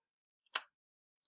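A RAM module (memory stick) is lined up and pushed into a motherboard memory slot, giving one short, faint click at 0.6 s after a very soft tick just before it. The module seats and the install is complete.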